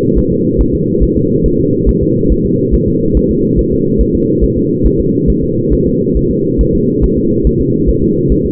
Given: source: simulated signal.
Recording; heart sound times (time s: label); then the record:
fetal heart sounds
0.19 s: S1
0.32 s: S2
0.61 s: S1
0.75 s: S2
1.03 s: S1
1.17 s: S2
1.46 s: S1
1.60 s: S2
1.89 s: S1
2.03 s: S2
2.32 s: S1
2.46 s: S2
2.74 s: S1
2.88 s: S2
3.17 s: S1
3.31 s: S2
3.59 s: S1
3.73 s: S2
4.01 s: S1
4.15 s: S2
4.44 s: S1
4.58 s: S2
4.86 s: S1
5.00 s: S2
5.30 s: S1
5.44 s: S2
5.73 s: S1
5.87 s: S2
6.17 s: S1
6.31 s: S2
6.61 s: S1
6.75 s: S2
7.04 s: S1
7.18 s: S2
7.47 s: S1
7.61 s: S2
7.90 s: S1
8.03 s: S2
8.32 s: S1
8.46 s: S2
From the record:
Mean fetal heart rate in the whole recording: 140 bpm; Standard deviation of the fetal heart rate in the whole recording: 2 bpm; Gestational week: 34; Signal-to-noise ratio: -11.2 dB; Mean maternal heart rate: 72 bpm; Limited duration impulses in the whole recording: present